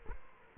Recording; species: mosquito wingbeat signal from an infrared sensor; Culex quinquefasciatus